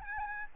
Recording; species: mosquito wingbeat signal from an infrared sensor; Aedes albopictus